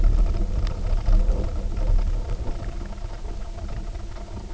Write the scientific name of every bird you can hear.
none